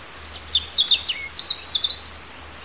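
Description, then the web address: Bird song: a quick run of high, varied chirps, some sweeping downward, ending in a bright warble over a faint low hum. Native bird of hedges, recorded in March. "oeko hecke vogel maerz vogel heimisch"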